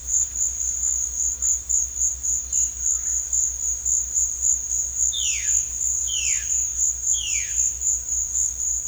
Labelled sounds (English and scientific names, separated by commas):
Violaceous Jay (Cyanocorax violaceus)